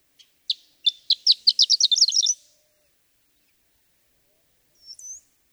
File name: Horned Lark